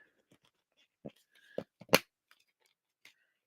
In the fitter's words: y'all hear that snap that's what you should have heard on this one you should have heard it Go snap